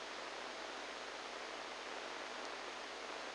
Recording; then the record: brain microelectrode recording played as sound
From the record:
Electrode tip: inside the subthalamic nucleus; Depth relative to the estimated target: -2 mm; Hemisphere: right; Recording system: NeuroSet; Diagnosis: Parkinson's disease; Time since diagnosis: 10 years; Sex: male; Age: 63 years